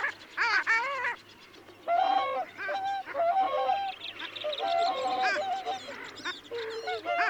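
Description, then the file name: Long-tailed duck calls, nasal yodelling notes rising and falling in short bursts with brief pauses between groups. "Moretta Codona"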